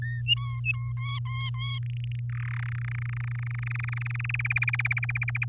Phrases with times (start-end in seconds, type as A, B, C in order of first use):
0.02-0.21 A, 0.26-0.92 B, 0.97-1.79 C, 1.83-2.19 D, 2.29-2.61 E, 2.62-4.36 F, 4.39-5.45 G